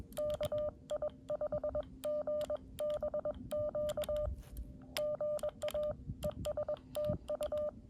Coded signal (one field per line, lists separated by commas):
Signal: Morse code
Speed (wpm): 20 wpm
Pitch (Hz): 600 Hz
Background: none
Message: KI5GBQ GA ES TU